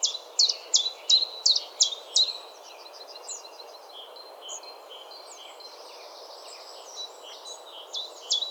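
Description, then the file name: Common chiffchaff gives a quick run of high, clipped notes for about two seconds, then quieter thin twittering and buzzy trills continue over steady background noise. "Johannes Buhl - Penochka-tenkovka Phylloscopus collybita"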